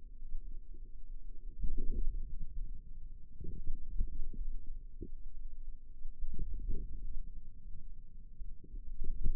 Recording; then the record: forearm muscle sounds (acoustic myography)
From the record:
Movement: ulnar deviation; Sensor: system 2, bracelet of six BSWA MPA416 microphones around the upper forearm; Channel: 3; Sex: female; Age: 22 years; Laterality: right